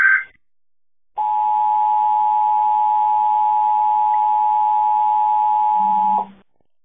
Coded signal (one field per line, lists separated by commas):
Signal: Emergency Alert System (SAME) tones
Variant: 853 and 960 Hz attention tone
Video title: EAS 4282-4284: KDKA FM Random EAS Test From 03/07/23